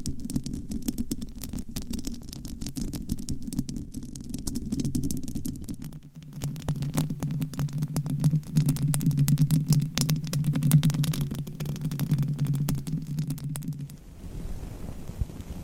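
Rapid scratching of nails on different mic covers, a dense stream of sharp clicks and crackles over a low, rumbling drone. The rumble deepens and grows louder from about six seconds, then cuts off near fourteen seconds, leaving a soft hiss.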